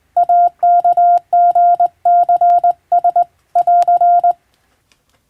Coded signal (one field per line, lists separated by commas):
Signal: Morse code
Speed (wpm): 20 wpm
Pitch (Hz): 700 Hz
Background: none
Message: AKGCS <AR>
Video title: 【無線通信士】懐かしいモールス通信、昭和はラジオでよく聞こえました。船と陸との唯一の通信手段、大変重要な無線通信でした。アマチュア無線の受信トレーニングにどうぞ morse code practice